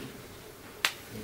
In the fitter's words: that should hear a popping sound when you do that